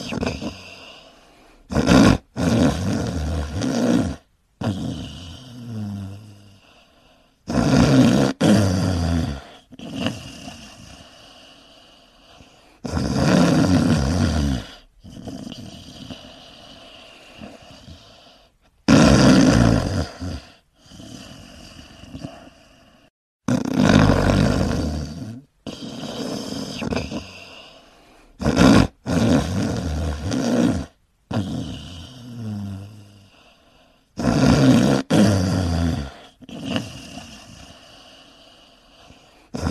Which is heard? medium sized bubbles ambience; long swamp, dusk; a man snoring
a man snoring